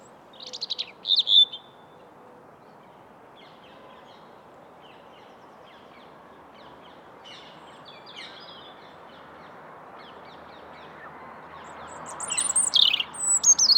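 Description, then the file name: European robin giving a short, bright warbled phrase, then a long lull with faint scattered notes, and another high twittering burst near the end. "Erithacus rubecula"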